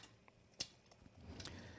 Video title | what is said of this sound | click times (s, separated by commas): Trumpet Maintenance | and once that's clicked into place you just screw this down you tighten that by hand | 0.6 s